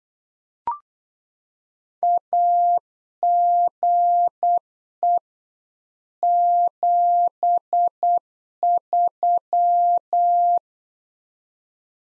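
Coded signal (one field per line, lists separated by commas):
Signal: Morse code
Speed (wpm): 8 wpm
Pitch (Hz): 700 Hz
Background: none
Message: AGE 73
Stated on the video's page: Practice QSO lesson at 8 wpm, information segment (ham experience, age, occupation) sent in Morse for head-copy.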